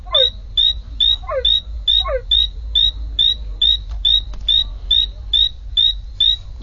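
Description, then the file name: Spot-legged poison frog calling in an even series of brief high chirps, roughly two per second; a few falling sweeps occur early, then the chirps continue alone. "Ameerega flavopicta"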